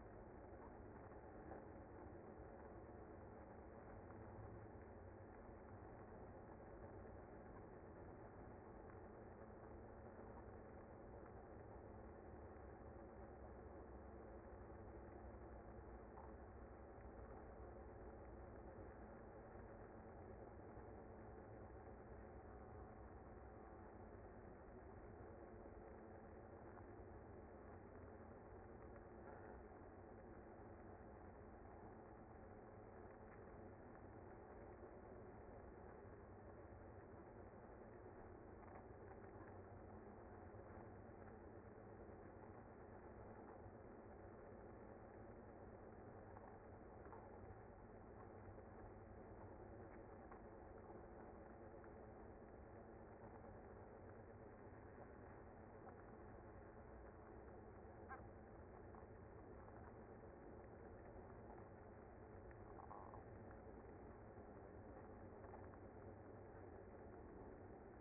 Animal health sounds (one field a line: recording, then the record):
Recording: honeybee colony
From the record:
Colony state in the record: active